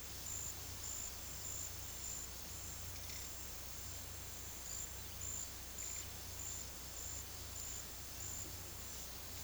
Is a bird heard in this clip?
no